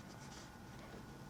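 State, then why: Not seated. Plastic safety-eye backing washers are being handled onto the eye posts through a crocheted chenille plush tortoise head, with only soft rubbing and handling noise heard. Nothing has clicked or seated yet.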